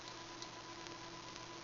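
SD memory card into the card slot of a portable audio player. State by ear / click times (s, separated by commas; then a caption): not seated / none. An SD memory card is lined up with the card slot of a portable audio player and handled before being pushed in. Over steady hiss and a faint tone, two brief soft ticks occur around 0.4 and 1.4 seconds. Nothing has seated or clicked into place yet.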